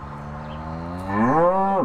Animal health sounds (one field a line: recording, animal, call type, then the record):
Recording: contact call of a hoofed animal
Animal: cattle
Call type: low-frequency (closed-mouth) or high-frequency (open-mouth) call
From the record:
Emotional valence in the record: negative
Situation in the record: full separation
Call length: 1.85 s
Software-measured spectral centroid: 960 Hz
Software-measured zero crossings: 1280 a second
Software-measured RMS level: -22 dBFS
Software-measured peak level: -8 dBFS